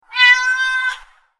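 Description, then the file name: Cat meowing once, a single drawn-out harmonic meow lasting about a second, steady in pitch, with silence around it. "Meow"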